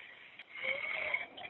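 A single strained, noisy breath over a phone line carries a faint high whistling tone for about half a second: the laboured, wheezy breathing of an adult woman who is struggling to breathe during an asthma attack in a car, where narrowed airways make breathing hard and noisy.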